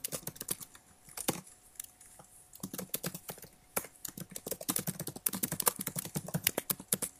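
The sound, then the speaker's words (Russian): Rapid, uneven clicking of computer keys as someone types in bursts, with short pauses between runs of keystrokes and a faint steady hum underneath. “Чё печатаешь-то?”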